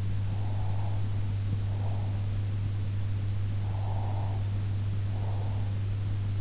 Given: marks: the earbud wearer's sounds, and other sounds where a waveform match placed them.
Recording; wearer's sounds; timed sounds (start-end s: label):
sounds in sleep by an in-ear microphone; breath
0.18-2.24 s: breath
3.53-5.69 s: breath